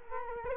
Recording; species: mosquito wingbeat signal from an infrared sensor; Culex quinquefasciatus